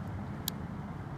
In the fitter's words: you hear it lock in position if